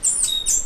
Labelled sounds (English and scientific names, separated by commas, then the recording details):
Stitchbird (Notiomystis cincta) song
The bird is a male
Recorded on Tiritiri Matangi Island, New Zealand, in 2005
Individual 2, of nest box 2